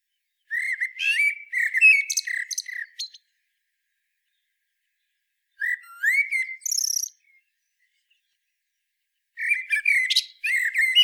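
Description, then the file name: Common blackbird singing three separate phrases, melodious whistled warbles tipped with thin squeaky notes, separated by pauses of several seconds. "Turdus merula"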